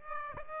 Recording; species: mosquito wingbeat signal from an infrared sensor; Aedes aegypti